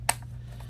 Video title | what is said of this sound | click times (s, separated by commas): How to Train Your Dragon Blast and Roar Toothless Mask Review | Now, let's pop this side into place here. Again, it will clip into place. | 0.1 s